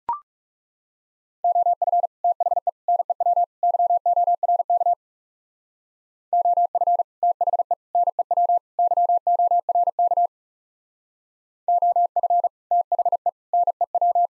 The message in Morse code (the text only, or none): OF THE NEW YORK OF THE NEW YORK OF THE NEW